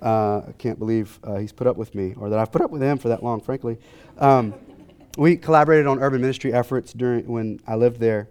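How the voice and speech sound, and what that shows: One adult man speaks fluently in a conversational tone, with a clear voice and ordinary pauses; speech is typical.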